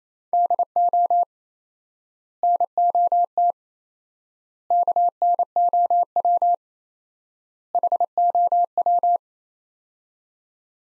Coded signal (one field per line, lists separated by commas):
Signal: Morse code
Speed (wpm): 27 wpm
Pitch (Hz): 700 Hz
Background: none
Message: DO NOT KNOW HOW